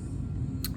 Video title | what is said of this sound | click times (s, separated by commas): Build #1310 - Pilot v3 FLD - Puccio | Back the crown off the threads until you hear it and feel it clicking. | 0.7 s